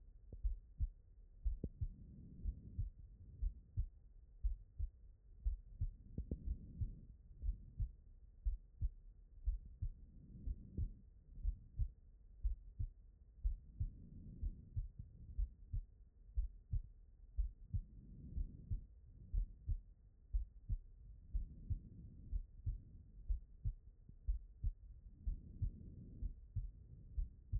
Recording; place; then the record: heart sounds by stethoscope; pulmonary valve (PV)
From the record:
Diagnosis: non-HFrEF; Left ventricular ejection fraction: 60%